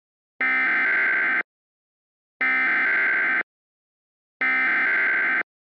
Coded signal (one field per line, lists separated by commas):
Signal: Emergency Alert System (SAME) tones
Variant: header bursts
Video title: The Vortex (EAS Scenario)